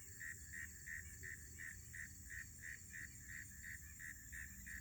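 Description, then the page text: Northern mole cricket song, evenly spaced throaty chirps around three each second, with a continuous high-pitched drone behind. Recorded in Maryland. "Maryland Biodiversity. Northern Mole Cricket ( Neocurtilla hexadactyla )"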